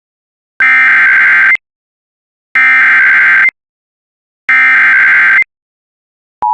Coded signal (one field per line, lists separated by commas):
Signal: Emergency Alert System (SAME) tones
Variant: header bursts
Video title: EAS Alerts I Missed on 7/7/24